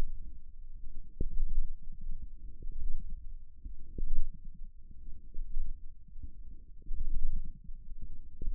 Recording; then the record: forearm muscle sounds (acoustic myography)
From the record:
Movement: radial deviation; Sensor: system 1, eight BSWA MPA416 microphones around the upper forearm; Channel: 8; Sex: female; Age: 21 years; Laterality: right